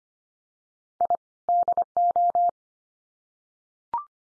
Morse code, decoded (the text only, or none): I DO